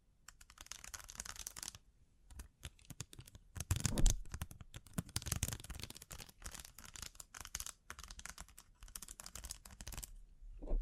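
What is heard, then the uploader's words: Crisp ASMR triggers of sparkly objects being handled: rapid clicking taps and rustling in dense bursts, bright and sharp, with brief pauses between. A louder cluster of scraping clatter hits around four seconds, and a low thump closes the clip. ASMR Sleep Inducing Bling Bling Triggers (No Talking).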